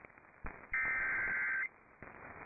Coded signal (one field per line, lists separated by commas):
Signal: Emergency Alert System (SAME) tones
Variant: header bursts